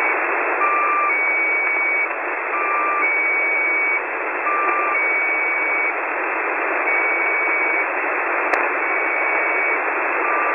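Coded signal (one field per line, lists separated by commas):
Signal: channel marker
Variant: Squeaky Wheel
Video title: The Squeaky Wheel at 3828.00 kHz via Utwente Web SDR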